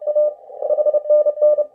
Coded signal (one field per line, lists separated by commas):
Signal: Morse code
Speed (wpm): 31 wpm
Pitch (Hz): 600 Hz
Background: none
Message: A HNN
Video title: WPX CW Contest using RHR Morse Code - Part 2